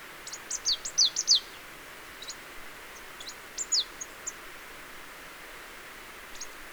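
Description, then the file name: Marsh tit calls: short, sharp high notes sliding steeply downward, given in quick pairs and triplets, then a further pair after a pause, over a steady hiss. "Poecile palustris"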